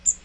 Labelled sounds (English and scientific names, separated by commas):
Magnolia Warbler (Setophaga magnolia) flight call